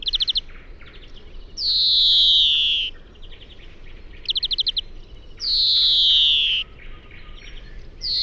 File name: Chloris chloris